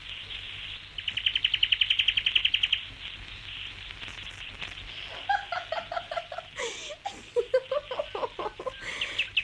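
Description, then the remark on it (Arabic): A small bird chirps, first in a quick, high, buzzy trill, then in a run of short, bright chirps and twitters with brief pauses between them. No one speaks. “عصفور يا صغير يا طير ورمك، أنا صغيرة زيك، اسمي تشكر، أشرب موارد وأكل سكر.”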